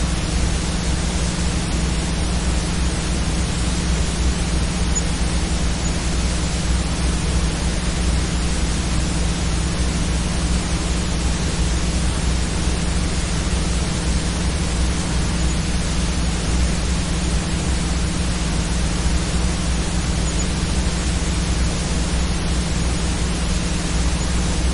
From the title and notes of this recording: Cassette Tape Hiss and Ground Hum. The hum from below, not quite sure where it's coming from. Trying to collide with the hiss of a cassette tape with no recordings, but playing anyway.